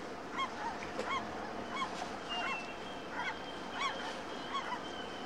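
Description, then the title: Gull calls, several short clipped notes over a steady wash of background noise. Seagulls crying overhead at a bustling fishing harbour at dawn. "Harbor Harmony: The Serene Sounds of a Fishing Harbour and Seagulls"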